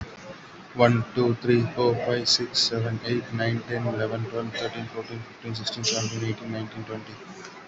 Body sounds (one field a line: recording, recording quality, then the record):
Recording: counting at a fast pace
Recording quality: excellent, no background noise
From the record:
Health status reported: COVID-19 positive, mild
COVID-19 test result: positive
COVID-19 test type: RT-PCR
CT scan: taken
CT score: 6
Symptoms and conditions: cough, cold, breathing difficulty, sore throat, fever, fatigue, muscle pain, loss of smell and taste, diarrhoea, diabetes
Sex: male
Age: 36 years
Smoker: yes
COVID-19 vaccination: both doses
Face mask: not worn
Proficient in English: yes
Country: India